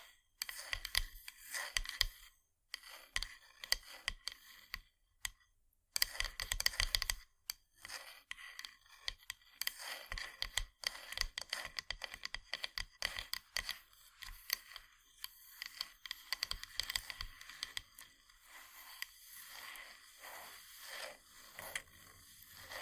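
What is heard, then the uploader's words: Wooden ASMR triggers: quick, bright taps and clicks on wood, arriving in irregular bursts with short silent pauses in the first seven seconds. After that the tapping grows denser and more continuous, with a soft scratchy rustle underneath toward the end. ASMR Wooden Triggers 1hour（No Talking）.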